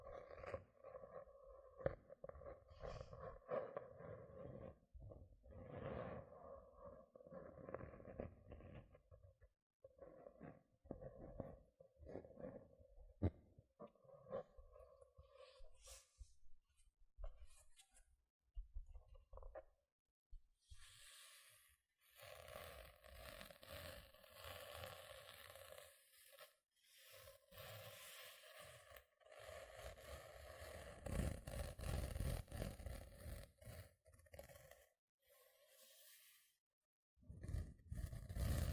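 Gentle scratching sounds come in short, uneven bursts of rasping strokes with brief silent gaps between them. The first half is softer and more muffled, with a low steady tone underneath; from about twenty seconds the scratching turns brighter and denser, growing busiest near the end.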